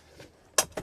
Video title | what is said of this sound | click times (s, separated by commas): 2023 Rize 18A Class B Camper Van Has A Bathroom & Rooftop Tent! | that will lock into place flip the top over | 0.6 s